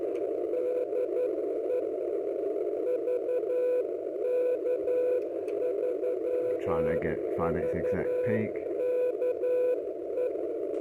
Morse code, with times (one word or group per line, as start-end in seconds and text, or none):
0.5-1.8 DE
2.9-10.3 VK3VKE